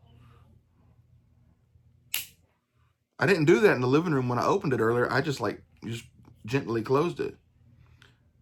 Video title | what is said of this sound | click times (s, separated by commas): Mail Calls & Sticker Swaps | You hear that snap? | 2.1 s